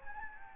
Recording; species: mosquito wingbeat signal from an infrared sensor; Anopheles gambiae